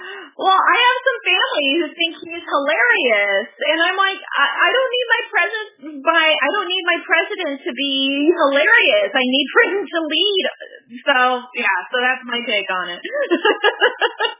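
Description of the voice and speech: An adult woman who stutters speaks conversationally, mostly fluently, with a few stuttering moments: a held 'n' sound, a paused restart that repeats the phrase 'I don't need my president', and several short breaks mid-phrase.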